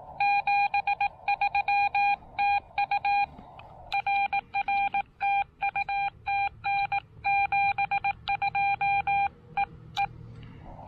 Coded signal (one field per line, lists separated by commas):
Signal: Morse code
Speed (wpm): 18 wpm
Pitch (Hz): 810 Hz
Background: none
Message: 73 TU RR TU TN 72 EE